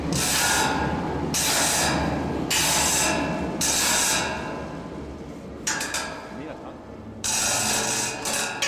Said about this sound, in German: Und haben hier Klangbeispiel 27. Klangbeispiel 27, Einfahren der S-Bahn